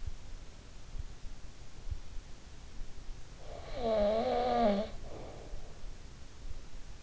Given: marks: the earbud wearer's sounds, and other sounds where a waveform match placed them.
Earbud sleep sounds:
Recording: sounds in sleep by an in-ear microphone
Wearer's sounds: snoring breath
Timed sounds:
2.83-6.28 s: snoring breath

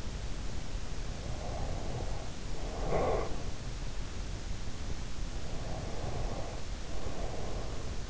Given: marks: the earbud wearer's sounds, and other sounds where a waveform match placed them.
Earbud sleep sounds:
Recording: sounds in sleep by an in-ear microphone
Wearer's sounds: breath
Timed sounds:
1.25-3.64 s: breath
5.35-8.10 s: breath

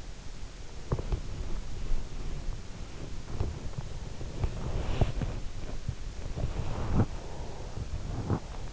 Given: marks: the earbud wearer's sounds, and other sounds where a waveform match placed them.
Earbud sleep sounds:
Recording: sounds in sleep by an in-ear microphone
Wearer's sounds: body movement, breath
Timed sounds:
0.71-7.27 s: body movement
7.05-8.73 s: breath

